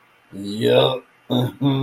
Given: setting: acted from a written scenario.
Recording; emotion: vocal sound without words; pride